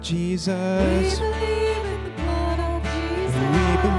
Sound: echo